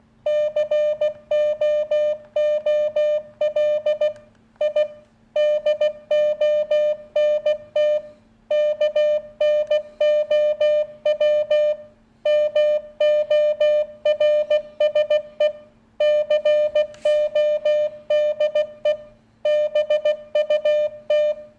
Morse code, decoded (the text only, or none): COOL I DONT KNOW MORSE CODE BUT